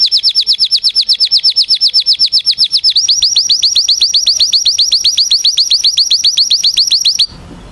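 Canary song: a steady run of high chirping notes, then a denser series of slurred notes ending abruptly.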